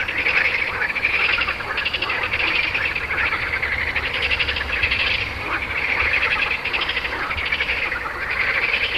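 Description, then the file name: Many frogs calling at once, with buzzy pulsed trills swelling and fading in regular waves over a continuous chorus. "grenouilles"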